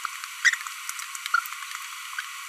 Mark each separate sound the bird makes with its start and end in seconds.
1.34-1.39